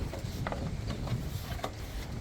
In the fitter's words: They just pop into place.